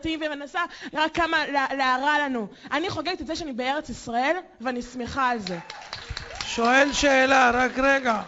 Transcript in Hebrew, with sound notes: ומנסה רק כמה להרע לנו!! אני חוגגת את זה שאני בארץ ישראל ואני שמחה על זה.
(הקהל מוחא כפים...) שואל שאלה רק רגע